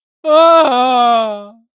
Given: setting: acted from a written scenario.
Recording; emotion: vocal sound without words; distress